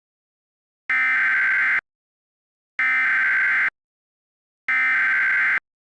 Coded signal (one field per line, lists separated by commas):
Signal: Emergency Alert System (SAME) tones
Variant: header bursts